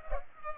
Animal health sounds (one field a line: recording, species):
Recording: mosquito wingbeat signal from an infrared sensor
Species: Culex pipiens